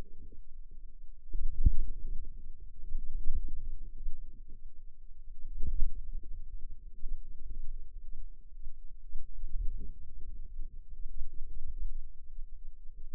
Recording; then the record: forearm muscle sounds (acoustic myography)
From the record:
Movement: ulnar deviation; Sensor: system 2, bracelet of six BSWA MPA416 microphones around the upper forearm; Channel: 2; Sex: female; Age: 22 years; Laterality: right